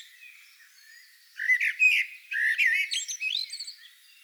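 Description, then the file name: Common blackbird song beginning after a quiet second: mellow whistled notes followed by a squeaky, tumbling twitter rising in pitch toward the end. "Turdus merula"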